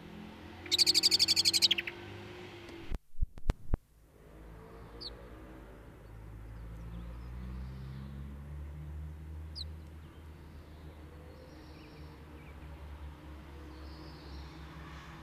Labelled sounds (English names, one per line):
Common Blackbird call